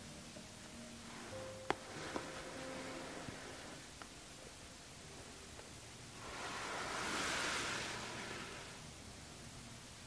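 Quiet handling for skincare and hair brushing over a steady soft hiss. A few sharp little taps and clicks land near the two- and four-second marks, then a louder, brighter rushing stroke swells around seven seconds and fades.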